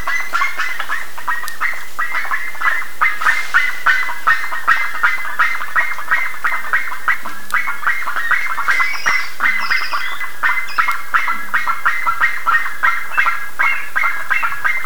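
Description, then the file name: Bird calls, dense harsh nasal notes running steadily through the whole stretch, with brief higher squeals around nine to ten seconds. "SABIOD 50 bird 2015"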